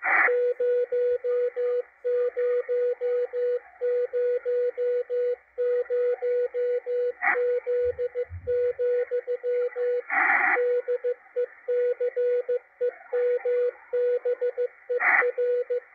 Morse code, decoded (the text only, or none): 0000Z, DECEMBER